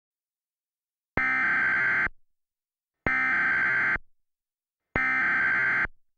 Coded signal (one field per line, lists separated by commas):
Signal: Emergency Alert System (SAME) tones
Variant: header bursts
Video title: Refinery Fire - EAS Mock